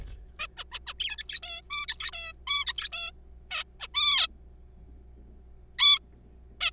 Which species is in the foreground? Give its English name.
Zebra Finch